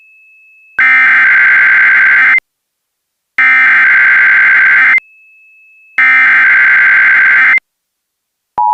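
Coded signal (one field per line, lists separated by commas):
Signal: Emergency Alert System (SAME) tones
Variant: header bursts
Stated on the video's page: Simulated EAS mock tones in a short film recreating a real 2015 Oklahoma severe thunderstorm alert.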